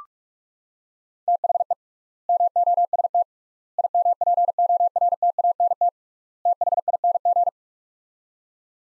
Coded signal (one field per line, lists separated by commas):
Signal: Morse code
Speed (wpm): 43 wpm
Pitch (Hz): 700 Hz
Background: none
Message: THE MOST IMPORTANT THING